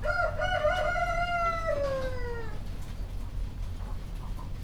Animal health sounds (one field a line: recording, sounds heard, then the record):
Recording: poultry house recording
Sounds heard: healthy chickens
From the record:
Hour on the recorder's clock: 1